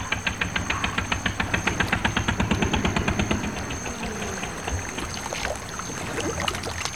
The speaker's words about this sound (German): Ein Motorboot tauchte auf, der Auspuff blubberte und der Mann am Steuer versuchte, es ans Ufer zu manövrieren.